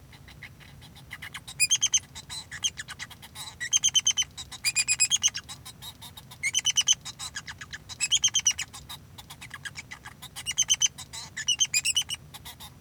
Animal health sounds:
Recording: song of a male Bengalese finch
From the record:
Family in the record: son of father 2

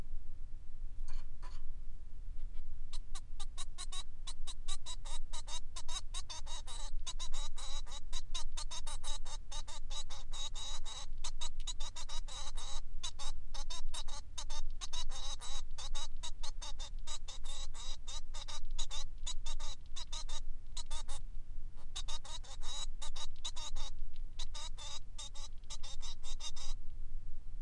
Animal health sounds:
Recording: song of a male Bengalese finch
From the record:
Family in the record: son of father 3

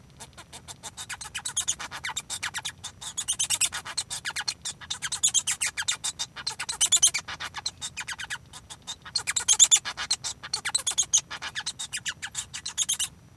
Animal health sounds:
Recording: song of a male Bengalese finch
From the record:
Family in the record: son of father 1

